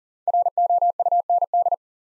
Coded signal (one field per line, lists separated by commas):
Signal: Morse code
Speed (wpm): 40 wpm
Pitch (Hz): 700 Hz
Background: none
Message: ROUND